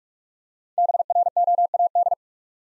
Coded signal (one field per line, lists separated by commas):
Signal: Morse code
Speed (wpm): 44 wpm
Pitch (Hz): 700 Hz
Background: none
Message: BROAD